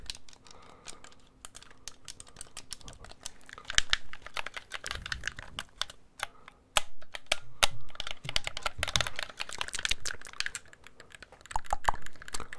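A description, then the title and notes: Crisp clicks and taps of controller buttons come in quick, uneven bursts, like fingers pressing and rattling plastic keys. The pressing thins out briefly early on, then grows busier and louder from about four seconds onward. A faint steady hum sits underneath. ASMR Controller Sounds.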